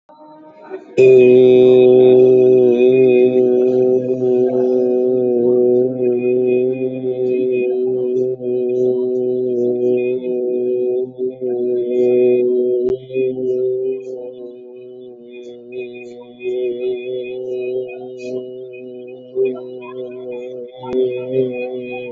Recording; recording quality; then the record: sustained vowel as in made; moderate, slight background noise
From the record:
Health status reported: healthy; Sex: male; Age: 24 years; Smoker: yes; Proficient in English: yes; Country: India